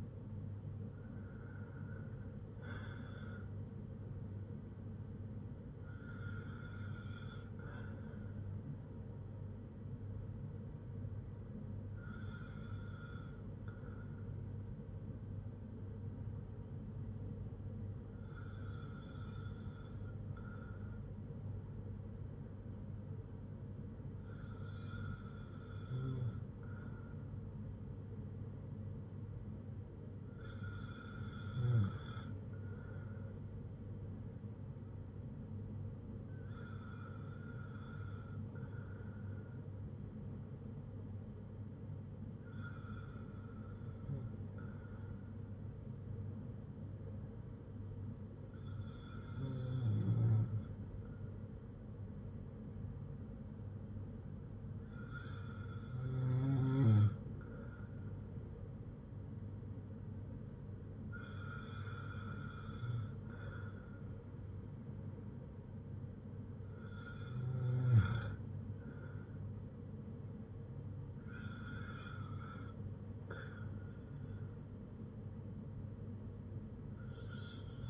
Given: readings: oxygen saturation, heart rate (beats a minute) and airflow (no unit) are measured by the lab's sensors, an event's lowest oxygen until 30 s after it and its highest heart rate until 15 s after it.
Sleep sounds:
breathing in sleep by a smartphone at the bedside; none
none scored
From the record:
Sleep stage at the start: N1 (lightest sleep); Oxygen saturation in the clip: 91 to 97%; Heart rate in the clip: 55 to 72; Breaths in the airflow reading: 13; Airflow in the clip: -5.3 to 6.4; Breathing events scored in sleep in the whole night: 182 in 7.4 hours asleep

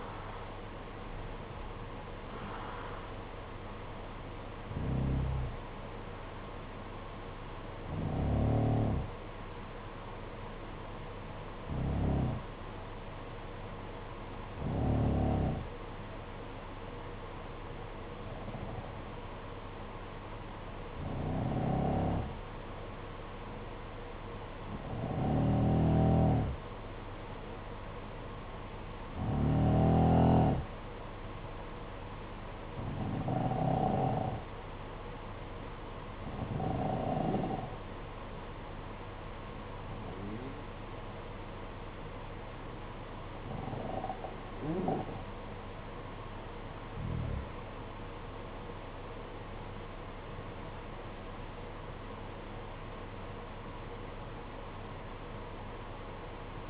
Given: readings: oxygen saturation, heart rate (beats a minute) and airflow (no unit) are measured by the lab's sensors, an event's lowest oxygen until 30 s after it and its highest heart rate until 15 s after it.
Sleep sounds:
breathing in sleep by a voice recorder at the bedside; 1
13.00-46.60 s: hypopnea (N1, oxygen 95% highest, then 89% lowest, heart rate 56 at the start, 63 highest)
26.00-56.70 s: new sleep stage, N2 (light sleep)
From the record:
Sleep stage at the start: N1 (lightest sleep); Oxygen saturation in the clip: 88 to 95%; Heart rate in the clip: 53 to 60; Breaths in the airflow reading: 16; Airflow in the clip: -9.0 to 9.2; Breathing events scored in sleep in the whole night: 476 in 9.7 hours asleep

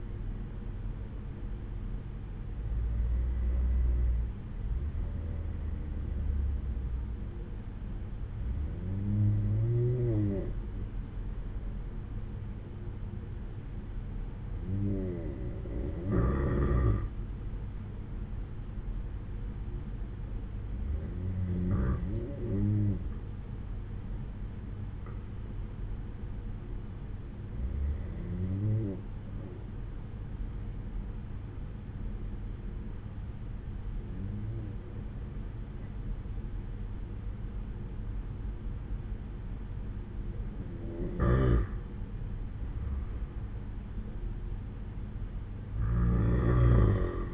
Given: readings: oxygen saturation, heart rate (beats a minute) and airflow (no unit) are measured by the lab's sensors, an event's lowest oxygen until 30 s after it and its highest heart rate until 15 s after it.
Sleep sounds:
breathing in sleep by a smartphone at the bedside; 1
11.00-39.00 s: hypopnea (N2, oxygen 95% highest, then 92% lowest, heart rate 62 at the start, 66 highest)
From the record:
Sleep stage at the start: N2 (light sleep); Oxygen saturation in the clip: 89 to 95%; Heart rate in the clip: 61 to 67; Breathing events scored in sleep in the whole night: 187 in 7.2 hours asleep

